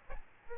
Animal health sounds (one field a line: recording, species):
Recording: mosquito wingbeat signal from an infrared sensor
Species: Aedes albopictus